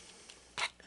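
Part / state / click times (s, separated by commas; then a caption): plastic ladder piece folding into the back of a transforming robot figure / seated / 0.6 s. A plastic ladder piece is folded up onto the back of a transforming robot action figure after a brief struggle, with faint small ticks at about 0.3 s and 0.8 s. A loud, sharp plastic snap at 0.6 s marks the ladder locking into place, and it is seated.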